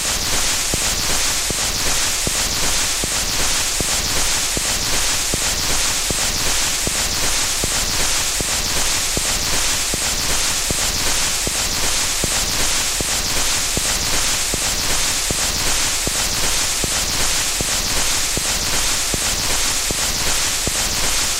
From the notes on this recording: Static from an old 78 RMP shellac record